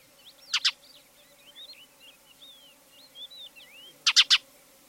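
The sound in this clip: Spanish sparrow chirps: two short bursts of loud, harsh double and triple chirps, with soft, twisting, squeaky notes chattering between them.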